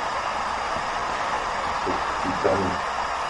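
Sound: white noise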